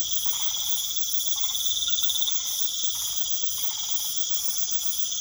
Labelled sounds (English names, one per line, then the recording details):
none
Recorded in pastures near Puerto Asís, Putumayo, Colombia, on 21 March 2025 at 21:00
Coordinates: 0.487, -76.322
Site G077